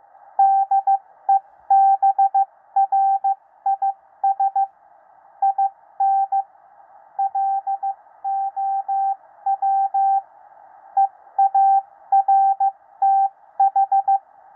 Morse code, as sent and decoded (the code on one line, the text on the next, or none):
-.. . -... .-. .. ... / .. -. / .-.. --- .-- / . .- .-. - ....
DEBRIS IN LOW EARTH